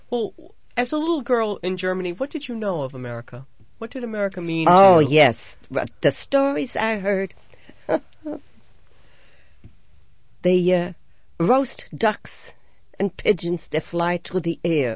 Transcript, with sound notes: Well, as a little girl in Germany what did you know of America? What did America mean to you?
Oh, yes. The stories I heard. (she laughs) They roast ducks and pigeons that fly through the air.